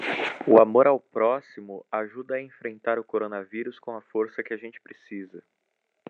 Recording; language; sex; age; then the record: spoken sentence; Brazilian Portuguese; male; 20 to 29 years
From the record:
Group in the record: control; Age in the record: 21 years